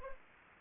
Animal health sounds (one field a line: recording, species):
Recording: mosquito wingbeat signal from an infrared sensor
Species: Anopheles arabiensis